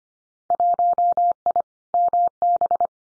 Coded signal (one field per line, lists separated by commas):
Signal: Morse code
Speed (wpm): 25 wpm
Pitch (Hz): 700 Hz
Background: none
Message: 1I MB